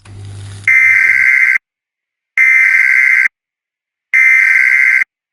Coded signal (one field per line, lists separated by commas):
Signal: Emergency Alert System (SAME) tones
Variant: header bursts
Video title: EAS Scenario 10 - Asteroids Inbound! (SNEAKPEAK!)